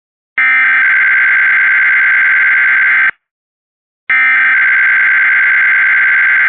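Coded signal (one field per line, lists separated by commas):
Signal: Emergency Alert System (SAME) tones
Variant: header bursts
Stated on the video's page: Required monthly test SAME alert issued by a cable system for Northern California counties.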